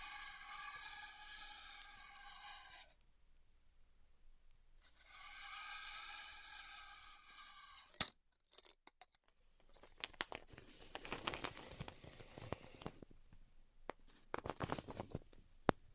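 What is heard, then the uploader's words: Styrofoam heat cutting: a steady, bright buzzing whine with stacked tones runs for about three seconds, stops, then returns for another three. A sharp click follows at eight seconds, then crackling, crinkling bursts of foam fill the rest, growing denser near the end. ASMR Styrofoam Heat Cutting (No Talking).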